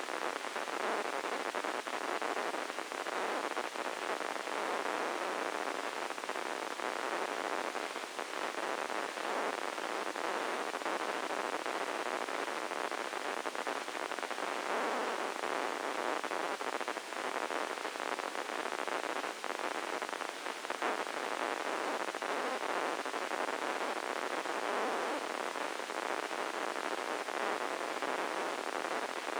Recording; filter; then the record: brain microelectrode recording played as sound; spike band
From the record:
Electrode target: subthalamic nucleus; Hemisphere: left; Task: reaching with the right hand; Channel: 1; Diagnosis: Parkinson's disease